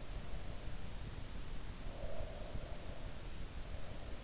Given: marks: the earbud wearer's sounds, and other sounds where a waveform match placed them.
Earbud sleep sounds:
sounds in sleep by an in-ear microphone; breath
1.67-3.62 s: breath

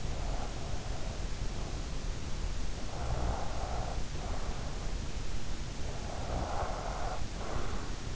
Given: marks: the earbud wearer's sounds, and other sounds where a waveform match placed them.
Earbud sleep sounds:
sounds in sleep by an in-ear microphone; breath, snoring breath
0.17-2.24 s: breath
2.79-4.89 s: snoring breath
6.07-8.16 s: snoring breath

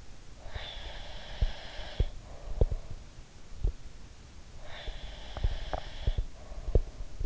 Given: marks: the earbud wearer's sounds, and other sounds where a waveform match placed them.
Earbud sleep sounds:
sounds in sleep by an in-ear microphone; breath
0.41-2.93 s: breath
0.47-3.74 s: sound from someone else or the room
4.50-7.26 s: breath
4.86-7.26 s: sound from someone else or the room

